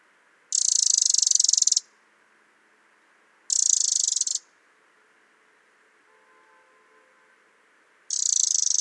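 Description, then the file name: Eurasian wren giving dry, rapidly pulsed rattling calls, each about a second long, three bursts spaced unevenly throughout; faint low tones briefly between them. "Troglodytes troglodytes"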